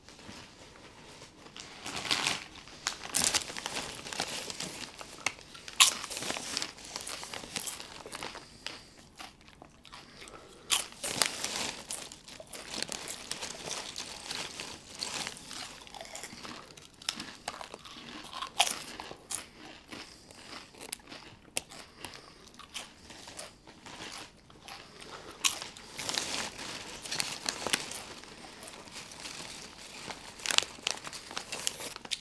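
Someone crunches chips in dense, irregular bursts of bright crackling and crinkling, with louder bites around 2, 6, 11 and 26 seconds.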